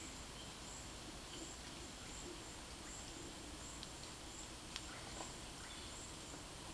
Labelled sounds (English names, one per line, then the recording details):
none
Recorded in dense forest near Puerto Asís, Putumayo, Colombia, on 20 February 2024 at 13:30
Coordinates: 0.502, -76.324
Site G6370